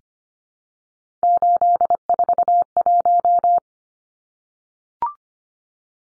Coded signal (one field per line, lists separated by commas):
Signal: Morse code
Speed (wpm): 25 wpm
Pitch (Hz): 700 Hz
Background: none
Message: 841